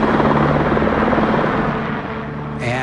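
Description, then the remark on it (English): A low-flying green helicopter roars overhead, hovering over a yard, its loud, steady rotor thrum and engine whine filling the sound without a break, easing slightly before swelling again at the end. “It was a helicopter, a green helicopter, and it was flying low.”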